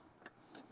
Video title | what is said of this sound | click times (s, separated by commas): Tech Garage S2 E8 “A/C University” Complete A/C Theory & Operation | All right, push until you get a good click. | 0.3 s